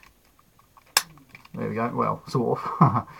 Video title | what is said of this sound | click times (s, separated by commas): Transformers G1 WHIRL Review | going to connect in there when you push it all the way in with a nice satisfying click okay | 1.0 s